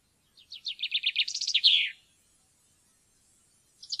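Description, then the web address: Common chaffinch song, one series of descending notes that steps up to a higher group before closing with a buzzy flourish, then the opening notes of the next phrase just before the end. "fuglelyder- bokfink"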